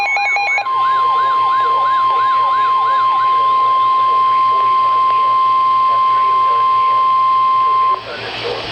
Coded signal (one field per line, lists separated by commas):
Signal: Emergency Alert System (SAME) tones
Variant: 1050 Hz attention tone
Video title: Severe Thunderstorm Warning (EAS #908) 7/18/15